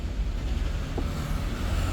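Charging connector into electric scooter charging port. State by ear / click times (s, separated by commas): not seated / none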